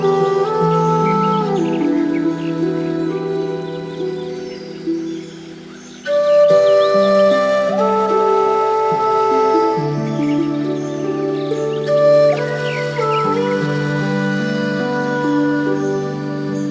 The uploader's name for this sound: Chakra Meditation Music and Relaxing Nature Sounds